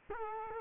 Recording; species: mosquito wingbeat signal from an infrared sensor; Culex quinquefasciatus